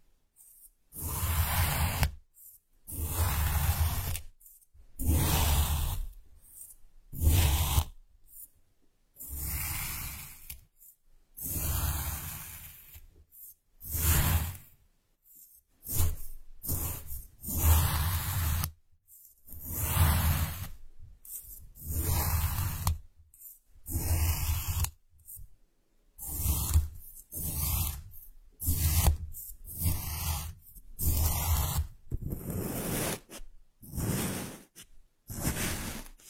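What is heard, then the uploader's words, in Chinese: Dry sand rustles and hisses in rapid bursts, each roughly a second long, separated by short silences and repeated steadily throughout. 动力沙触发，沙沙声。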